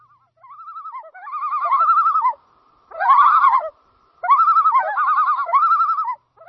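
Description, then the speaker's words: Common Loon tremolo call: rapid, wavering, laughing phrases given in several bursts separated by short silences. The call is described as wild and striking, a strange, sad, mournful, unearthly cry, half laughing, half wailing. "This is the call of the common loon."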